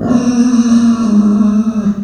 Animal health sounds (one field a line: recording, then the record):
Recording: squeal of a Yucatan mini pig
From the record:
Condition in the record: after surgery on the right vocal fold (resection and tissue-engineered implant)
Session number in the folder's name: 9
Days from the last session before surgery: 65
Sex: female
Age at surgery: 19 weeks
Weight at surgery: 25 kg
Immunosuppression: prednisolone